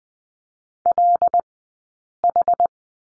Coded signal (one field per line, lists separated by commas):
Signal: Morse code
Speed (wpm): 19 wpm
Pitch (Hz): 700 Hz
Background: none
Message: LH